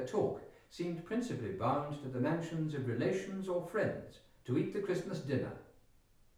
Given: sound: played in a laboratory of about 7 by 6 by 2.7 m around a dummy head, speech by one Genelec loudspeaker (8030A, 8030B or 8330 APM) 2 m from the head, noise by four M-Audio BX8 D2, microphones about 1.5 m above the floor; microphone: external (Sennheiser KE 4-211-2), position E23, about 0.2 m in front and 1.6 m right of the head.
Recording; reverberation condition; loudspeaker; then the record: male speech in English; medium; 60 degrees to the left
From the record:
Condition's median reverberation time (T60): about 510 ms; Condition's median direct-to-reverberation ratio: about -0.5 dB